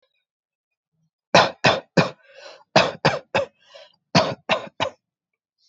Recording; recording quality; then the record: shallow voluntary cough; excellent, no background noise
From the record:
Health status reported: healthy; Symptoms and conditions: none ticked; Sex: male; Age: 18 years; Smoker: not ticked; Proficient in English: yes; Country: India